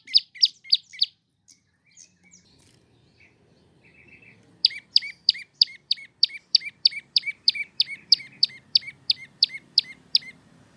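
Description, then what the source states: Prinia song: short run of sharp chirps, a few scattered notes, then a long steady series of repeated high chirps over faint low rumble. Song used for training captive birds.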